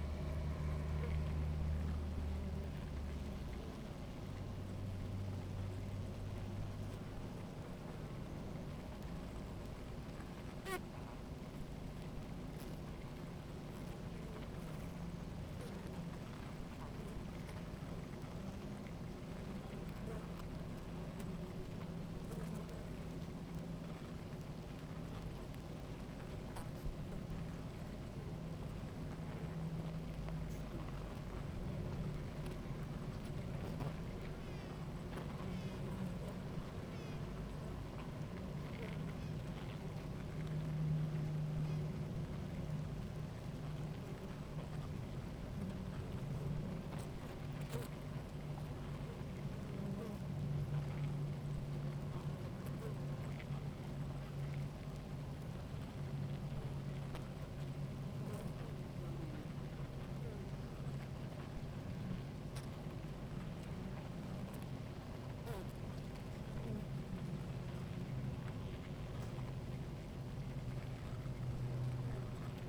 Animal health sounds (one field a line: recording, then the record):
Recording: honeybee colony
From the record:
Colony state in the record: active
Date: 28 July 2017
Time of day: 16:51